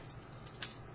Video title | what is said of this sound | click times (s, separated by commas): Transformers MP14 (Alert) | forward until it clicks | 0.6 s